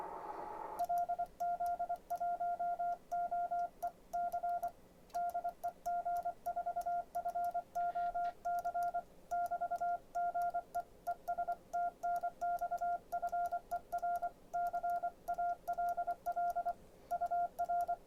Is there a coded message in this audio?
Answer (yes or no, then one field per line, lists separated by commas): yes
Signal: Morse code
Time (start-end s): 0.8-17.9 s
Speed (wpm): 24 wpm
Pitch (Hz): 700 Hz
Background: none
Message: LZ1OE C DE G4FOC <BT> GE ES TNX FER CALL UR